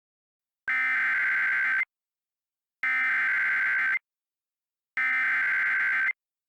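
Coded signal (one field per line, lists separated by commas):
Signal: Emergency Alert System (SAME) tones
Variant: header bursts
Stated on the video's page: Fictional EAS scenario about a parasite outbreak and quarantine, not a real broadcast.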